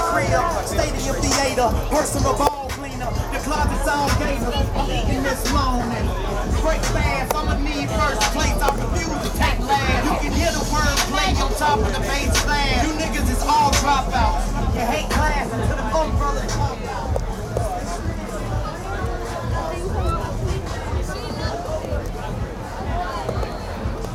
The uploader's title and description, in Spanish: Caminata Nocturna Glastonbury. Caminando desde el gran letrero que dice GLASTONBURY junto al Park Stage hasta mi carpa.